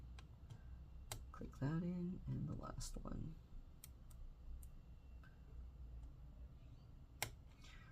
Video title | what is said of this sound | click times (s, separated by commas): 16" Inch MacBook Pro A2141 Disassembly LCD Screen Fans Logicboard Keyboard Replacement Repair | get this lined up might have to pull it back a little click | 1.1 s